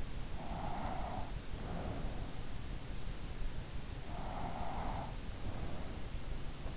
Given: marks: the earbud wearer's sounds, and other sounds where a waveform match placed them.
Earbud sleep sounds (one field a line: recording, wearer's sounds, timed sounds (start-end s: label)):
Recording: sounds in sleep by an in-ear microphone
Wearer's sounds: breath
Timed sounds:
0.25-2.56 s: breath
3.67-6.39 s: breath